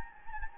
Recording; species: mosquito wingbeat signal from an infrared sensor; Anopheles gambiae